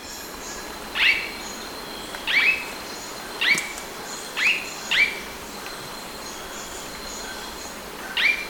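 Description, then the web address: Blue-rumped manakin calling with quick rising-then-level chips, about six notes at irregular intervals, with a continuous high insect drone. Recorded in Ecuador. "Birds of Ecuador. Blue-rumped Manakin"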